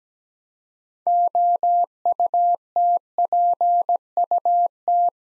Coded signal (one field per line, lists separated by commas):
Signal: Morse code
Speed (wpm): 17 wpm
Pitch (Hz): 700 Hz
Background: none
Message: OUTPUT